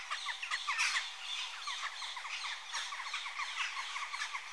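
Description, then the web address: Western jackdaws chattering together, many brief harsh calls overlapping in a busy stream. Adult jackdaws. "The BBC Sound Effects Library - Complete 60 CDs Collection. Jackdaw (Corvus Monedula) Adults"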